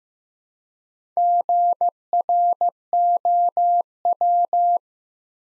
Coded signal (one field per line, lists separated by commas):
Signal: Morse code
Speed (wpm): 15 wpm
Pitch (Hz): 700 Hz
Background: none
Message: GROW